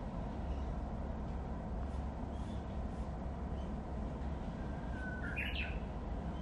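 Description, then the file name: Japanese bush warbler singing one phrase near the end, a level whistled note followed by a brisk upward-jumping flourish, against constant low-pitched background hum. "uguisu"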